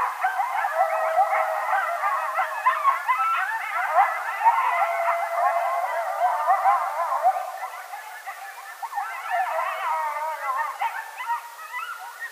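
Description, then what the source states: Coyote chorus of rapid yips, barks and quavering howls overlapping continuously, a dense excited jumble that eases slightly midway then builds again. Several coyotes calling at night, recorded 20 November 2010.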